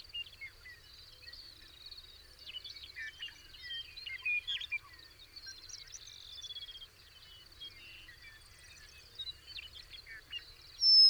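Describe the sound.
Bird chorus with many overlapping chirps, trills and quick whistled notes, a constant high buzzing drone beneath, and a brief loud burst near the end.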